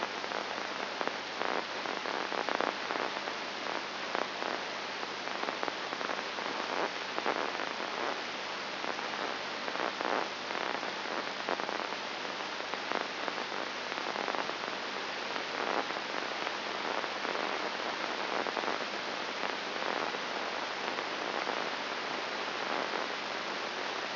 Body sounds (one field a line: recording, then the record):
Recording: brain microelectrode recording played as sound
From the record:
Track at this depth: inside the subthalamic nucleus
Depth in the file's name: 2.702 mm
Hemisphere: left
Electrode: 2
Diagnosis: Parkinson's disease